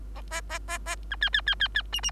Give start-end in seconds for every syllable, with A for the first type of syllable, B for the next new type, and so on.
0.15-0.21 A, 0.31-0.41 A, 0.49-0.59 A, 0.68-0.78 A, 0.86-0.96 A, 1.10-1.16 B, 1.21-1.30 C, 1.33-1.41 C, 1.46-1.55 C, 1.60-1.68 C, 1.75-1.82 C, 1.92-2.01 D, 2.03-2.11 D